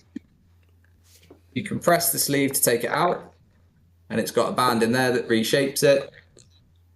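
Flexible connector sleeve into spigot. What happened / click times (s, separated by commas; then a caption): Handled, not yet seated: no seating snap before the sleeve goes back in / none. A flexible connector sleeve with an internal reshaping band is handled at the spigot of a powder-handling line while someone talks, with a steady low hum underneath and a few faint clicks before and after the speech. Nothing has seated or snapped into place yet; the clip ends before the sleeve goes home.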